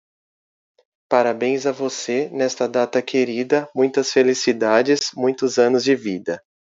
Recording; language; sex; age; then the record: short text; Brazilian Portuguese; male; 40 to 49 years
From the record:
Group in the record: control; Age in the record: 44 years